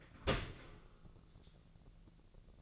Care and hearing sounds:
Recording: daily activity, microphone in the room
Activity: open dishwasher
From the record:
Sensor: 4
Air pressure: 1001.3 hPa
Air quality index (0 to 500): 182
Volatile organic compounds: 2 ppm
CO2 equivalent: 1297 ppm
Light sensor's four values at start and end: 12/28/11/12 and 12/28/11/12

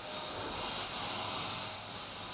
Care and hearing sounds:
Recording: daily activity, microphone in the room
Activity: vacuum cleaning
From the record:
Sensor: 2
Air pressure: 990.9 hPa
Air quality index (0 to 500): 135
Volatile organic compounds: 177 ppm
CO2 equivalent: 4132 ppm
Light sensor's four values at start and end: 21/50/20/20 and 21/50/20/20

